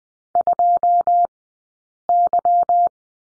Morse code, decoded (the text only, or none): 2Y